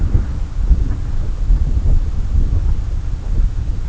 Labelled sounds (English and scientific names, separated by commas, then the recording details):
none
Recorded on Arctic tundra, site CORI-1, on 20 June 2018
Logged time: 20:00